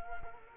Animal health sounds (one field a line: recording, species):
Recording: mosquito wingbeat signal from an infrared sensor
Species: Culex quinquefasciatus